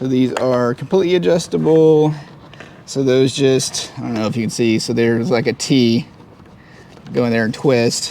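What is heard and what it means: Someone talks while handling an adjustable metal clamp T-bolt for a BAK Revolver X4s tonneau bed cover on a 2024 Ford F150 4x4 5.0L, with the T-shaped head set to go into the cover's side rail slot and twist to lock. Only speech is heard, with quiet pauses between phrases and no sharp hit. Nothing has seated or clicked yet by the end of the clip.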